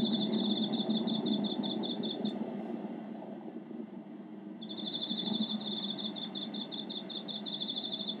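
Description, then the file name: Cricket chirping in rapid pulsed trains, a steady high trill broken by a pause of about two seconds, over a constant low hum. "koorogi"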